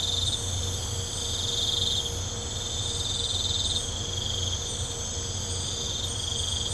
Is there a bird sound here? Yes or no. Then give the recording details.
no. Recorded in pastures near Puerto Asís, Putumayo, Colombia, on 16 December 2024 at 02:30. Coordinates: 0.502, -76.324. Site G077